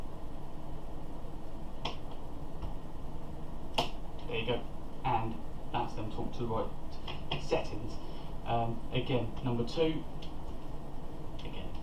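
A preset torque screwdriver tightens the CPU socket frame's retention screws while someone talks, and it gives a slight click when each screw reaches its torque setting. The clicks come at 1.9 s and 3.8 s.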